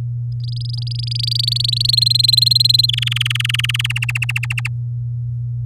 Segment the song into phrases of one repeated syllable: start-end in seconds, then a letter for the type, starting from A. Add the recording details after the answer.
0.40-1.91 A, 1.93-2.86 B, 2.88-3.81 C, 3.84-4.68 D. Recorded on 9 May 2018 at 05:59. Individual llb16